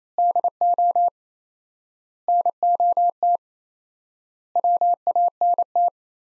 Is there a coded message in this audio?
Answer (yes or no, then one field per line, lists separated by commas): yes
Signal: Morse code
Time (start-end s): 0.2-5.9 s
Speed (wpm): 28 wpm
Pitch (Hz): 700 Hz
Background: none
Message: DO NOT WANT